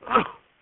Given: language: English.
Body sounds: throat vibration sensor signal played as sound; cough

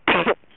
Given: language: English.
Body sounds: throat vibration sensor signal played as sound; cough

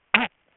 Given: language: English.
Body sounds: throat vibration sensor signal played as sound; throat clearing

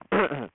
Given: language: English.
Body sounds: throat vibration sensor signal played as sound; throat clearing

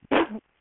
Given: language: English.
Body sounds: throat vibration sensor signal played as sound; cough

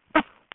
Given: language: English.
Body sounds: throat vibration sensor signal played as sound; cough

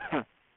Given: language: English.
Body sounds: throat vibration sensor signal played as sound; cough

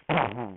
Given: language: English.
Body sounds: throat vibration sensor signal played as sound; throat clearing

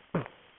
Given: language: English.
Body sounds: throat vibration sensor signal played as sound; cough

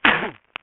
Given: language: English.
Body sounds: throat vibration sensor signal played as sound; cough

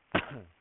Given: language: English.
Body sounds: throat vibration sensor signal played as sound; cough

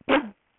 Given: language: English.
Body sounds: throat vibration sensor signal played as sound; cough

